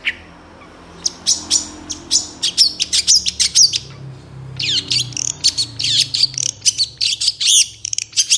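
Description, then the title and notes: Long-tailed shrike song: rapid high sharp chirps and buzzy notes in dense bursts, a brief pause near four seconds, then more varied twittering phrases; faint low hum beneath. Male singing vigorously in the morning; clear, varied voice with toet toet notes, described as easy to imitate. "Cendet Gacor Dor Di Kala Pagi Toet Toet Variasi Suara Jernih Mudah Di Tiru. Burung cendet"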